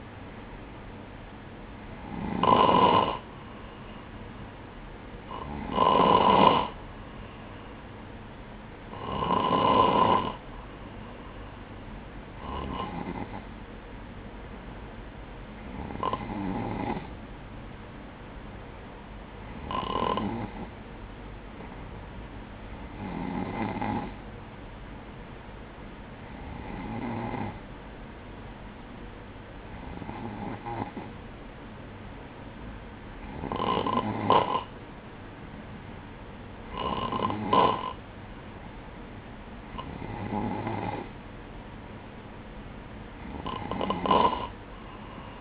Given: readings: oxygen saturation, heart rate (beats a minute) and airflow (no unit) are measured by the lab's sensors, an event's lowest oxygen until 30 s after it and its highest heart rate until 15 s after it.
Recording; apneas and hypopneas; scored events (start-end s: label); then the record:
breathing in sleep by a voice recorder at the bedside; none
none scored
From the record:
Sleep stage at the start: N3 (deep sleep); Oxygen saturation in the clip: 94 to 96%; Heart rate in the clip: 59 to 62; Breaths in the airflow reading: 13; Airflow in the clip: -6.9 to 4.5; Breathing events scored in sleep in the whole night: 180 in 6.7 hours asleep